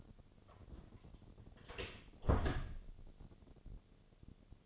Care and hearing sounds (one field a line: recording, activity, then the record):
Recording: daily activity, microphone in the room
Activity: close door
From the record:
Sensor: 4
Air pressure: 1008.2 hPa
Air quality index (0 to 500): 182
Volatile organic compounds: 5 ppm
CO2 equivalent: 1818 ppm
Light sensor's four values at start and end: 23/73/28/27 and 25/79/30/29